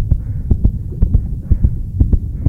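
Strong, regular lub-dub heartbeats of an adult bus driver, about five in two and a half seconds, roughly 120 beats a minute, over a steady low hum. The pace is fast, a racing heart, after being shouted at, insulted and threatened.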